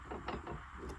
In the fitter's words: hear it clicking into place.